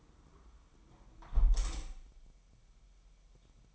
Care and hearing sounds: daily activity, microphone in the room; close window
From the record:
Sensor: 1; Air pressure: 999.9 hPa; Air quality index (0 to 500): 236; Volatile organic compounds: 107 ppm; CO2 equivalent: 3799 ppm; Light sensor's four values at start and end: 11/27/11/12 and 10/26/10/11

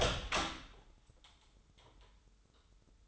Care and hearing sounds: daily activity, microphone in the room; open door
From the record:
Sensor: 3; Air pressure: 996.0 hPa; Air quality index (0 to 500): 60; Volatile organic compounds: 3 ppm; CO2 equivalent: 1340 ppm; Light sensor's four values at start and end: 14/33/14/14 and 14/33/14/14

